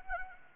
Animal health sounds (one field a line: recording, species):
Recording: mosquito wingbeat signal from an infrared sensor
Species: Anopheles arabiensis